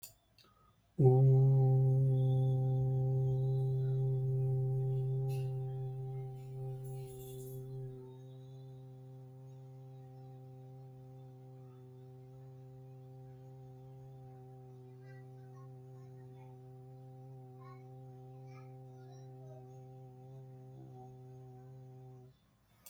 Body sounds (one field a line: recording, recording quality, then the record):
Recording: sustained vowel as in boot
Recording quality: excellent, no background noise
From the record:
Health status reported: healthy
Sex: male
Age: 35 years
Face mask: not worn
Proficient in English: yes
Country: India